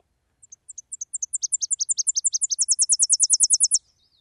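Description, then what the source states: Tennessee Warbler song: high, sharp notes speeding up in paired steps, then a fast, steady stream of loud chips ending suddenly, followed by a faint high note. Song, played as a recording.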